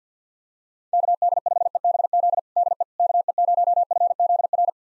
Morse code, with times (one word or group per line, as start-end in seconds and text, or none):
0.9-2.4 KD5EBZ
2.6-2.8 DE
3.0-4.7 KE0FZR